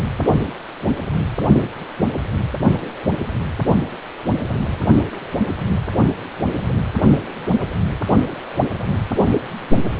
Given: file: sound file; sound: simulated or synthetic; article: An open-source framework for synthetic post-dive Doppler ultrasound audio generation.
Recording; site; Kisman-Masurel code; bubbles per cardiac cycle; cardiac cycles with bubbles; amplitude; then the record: Doppler ultrasound audio after a dive; precordial; 112; 1–2; 1–10%; moderate amplitude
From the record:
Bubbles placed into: full cardiac cycles